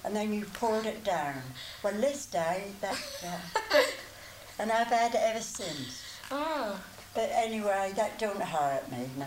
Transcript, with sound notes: And then you pulled it down. When this day that, that... [laughs] And I've had it ever since.
Aw-w.
But anyway, that doesn't hurt me.